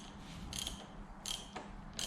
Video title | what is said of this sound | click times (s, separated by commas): How to fix the clacking sound coming from the top of the forks on a BMW 800 GS | not clicked yet | none